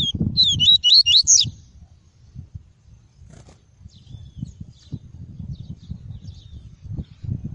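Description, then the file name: Double-collared seedeater song opening with a quick phrase of looping high whistled notes, then low background rumble and faint chirps. "Tui-tui" song variety. "canto do papa capim tui tui"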